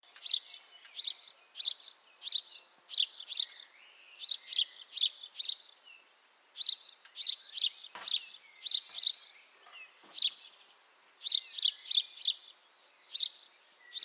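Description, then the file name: House sparrow chirping: loud, harsh repeated chirps, often paired or in quick runs about every half second, with brief pauses between bouts. "Passer domesticus"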